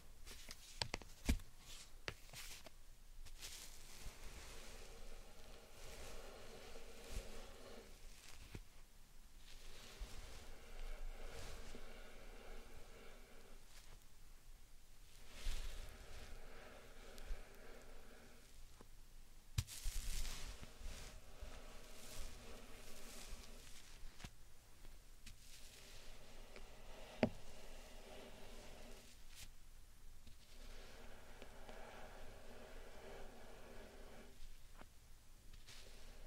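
Slime and sand triggers squish, crackle and rustle in repeated bursts every few seconds, with sharp clicks and brief quiet gaps between them.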